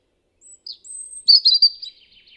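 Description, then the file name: European robin giving one brief phrase: thin, high drawn-out whistles leading into a loud burst of warbled, tumbling notes that fade away. "Erithacus rubecula"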